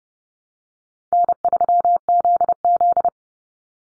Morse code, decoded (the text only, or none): N3ZZ